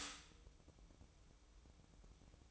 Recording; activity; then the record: daily activity, microphone in the room; stop toaster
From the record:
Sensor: 1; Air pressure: 1007.2 hPa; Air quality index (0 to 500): 74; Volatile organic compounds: 1 ppm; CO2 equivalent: 656 ppm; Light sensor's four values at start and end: 7/17/7/7 and 7/17/7/7